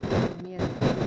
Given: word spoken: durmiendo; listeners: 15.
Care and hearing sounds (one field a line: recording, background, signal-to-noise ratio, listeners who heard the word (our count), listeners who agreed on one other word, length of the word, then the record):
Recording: one Spanish word in noise, from a listening test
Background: noise modulated by one talker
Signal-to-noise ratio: -12.1 dB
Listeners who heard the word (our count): 2 of 15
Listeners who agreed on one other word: 7 of 15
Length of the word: 0.67 s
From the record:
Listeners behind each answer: 7, 2, 1, 1, 1, 1, 1, 1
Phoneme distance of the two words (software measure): 38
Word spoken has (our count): 3 syllables, 9 phonemes, stress on syllable 2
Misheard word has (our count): 2 syllables, 5 phonemes, stress on syllable 1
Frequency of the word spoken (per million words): 8.14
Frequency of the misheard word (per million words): 118.30